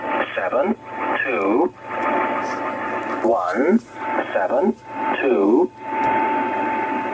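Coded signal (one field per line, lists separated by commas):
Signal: numbers station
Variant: E07 English Man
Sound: male voice reading short evenly spaced words, about six, through shortwave noise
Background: radio static, faint carrier tone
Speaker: acabamos con la eco07 de englishman escuchada en 12.166 kilohercios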